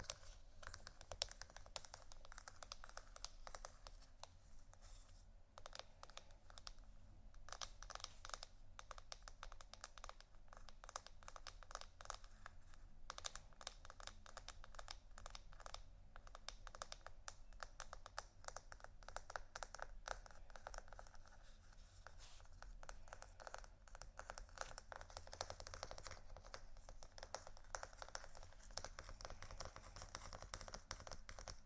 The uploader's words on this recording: ASMR Scratchingtapping On Textures（No Talking）.